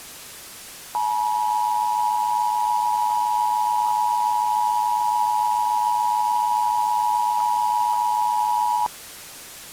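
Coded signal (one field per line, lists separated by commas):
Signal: Emergency Alert System (SAME) tones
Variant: 853 and 960 Hz attention tone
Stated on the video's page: Mock EAS tornado scenario for the Kansas City area, containing valid EAS tones.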